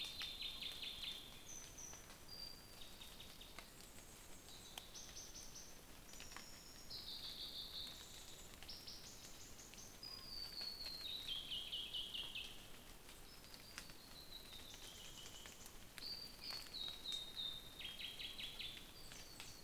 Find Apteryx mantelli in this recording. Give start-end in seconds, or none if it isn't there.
none